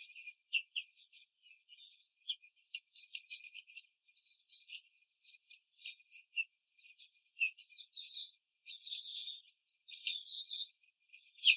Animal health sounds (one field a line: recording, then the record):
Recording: young laying hens in a cage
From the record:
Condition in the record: control cage, before the stress test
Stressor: none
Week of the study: 4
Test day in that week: 1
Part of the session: 4